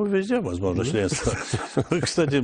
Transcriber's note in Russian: смеются